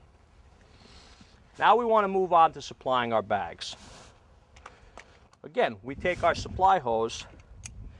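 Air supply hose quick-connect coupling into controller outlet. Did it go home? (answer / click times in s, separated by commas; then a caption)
yes / 7.7 s. Someone talks as an air supply hose's quick-connect coupling is pushed into an outlet on an airbag controller. A sharp click sounds at 7.7 s as the coupling seats in the outlet.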